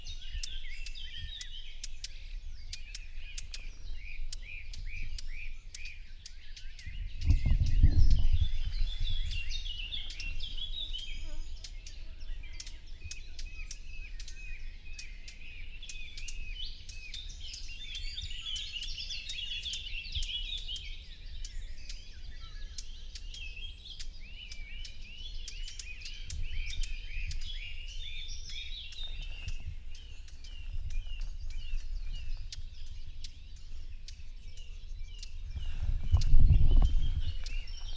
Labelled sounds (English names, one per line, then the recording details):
Common Whitethroat call
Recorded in the wild
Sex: pair
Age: adult
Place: Parsteinwerder, Parsteiner See, Brandenburg, DE
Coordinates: 52.9575, 13.9733
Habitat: wood
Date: 2007-06-06 06:10
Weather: overcast, ca. 15°C, no wind
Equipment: Sound Devices 702, Sennheiser MKH 416 T, Windkorb
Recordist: Frommolt, Karl-Heinz